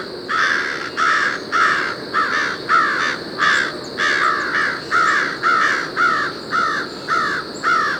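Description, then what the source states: American crow mobbing calls: many harsh, hoarse caws in a series, each a short downward-slurred burst, with background hiss. A few American crows mobbing a raccoon at the top of a tree, Brenton Point State Park, Newport County, Rhode Island, about 7:30 a.m., September 24, 2017.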